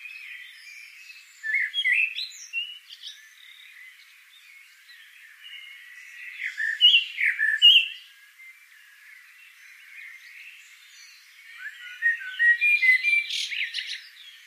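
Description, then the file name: Eurasian blackbird chuckling calls in three separate bursts of rapid, harsh notes, each lasting a second or two, separated by quieter gaps with faint hiss. "Turdus merula"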